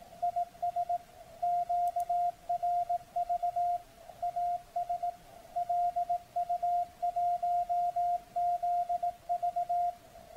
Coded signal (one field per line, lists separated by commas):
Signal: Morse code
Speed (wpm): 18 wpm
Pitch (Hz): 700 Hz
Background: none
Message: IS QRV AS LU1ZV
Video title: Decoding CW with Multipsk and SDRplay RSPdx receiver on 7047505 KHz